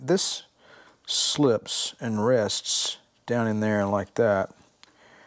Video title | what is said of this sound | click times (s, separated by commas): W126 Mercedes - Power Seat Switch Tear Down, Repair, Reassembly | pretty well and it clicks in place | 4.8 s